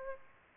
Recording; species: mosquito wingbeat signal from an infrared sensor; Aedes albopictus